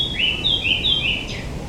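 Eurasian blackcap song: a short burst of clear, fluty whistled notes alternating high and low, ending in a brief higher flourish, over a soft background hiss.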